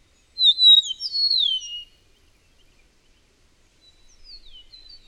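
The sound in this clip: Bird song: a clear, high whistled phrase of slurred, falling notes lasting over a second, then a quieter, shorter phrase of descending whistles after a pause.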